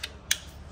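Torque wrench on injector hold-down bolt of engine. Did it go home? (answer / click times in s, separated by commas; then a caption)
yes / 0.3 s. A torque wrench set to 10 Nm tightens a new injector clamp hold-down bolt on an engine, before a further 90° turn. A faint tick at 0.0 s precedes the sharp wrench click at 0.3 s, confirming the bolt reached its torque setting.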